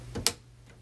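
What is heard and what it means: The locking lever on the tool holder of a Cameo 4 cutting machine's carriage is pushed in to secure a WRMK Foil Quill foil pen. A soft push sound comes first, then one sharp click at 0.3 s as the lever snaps closed. The pen is seated and locked in the holder.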